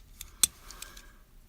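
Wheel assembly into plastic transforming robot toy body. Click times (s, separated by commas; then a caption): 0.4 s. During the transformation of a plastic Mech Planet HS-08 Hot Soldiers Medical Officer Ambulance (Ratchet) robot figure, a panel is brought back and released down so the wheel assembly snaps into the body. A single sharp plastic snap sounds at 0.4 s, with a few faint ticks before and after. The wheels seat firmly in place.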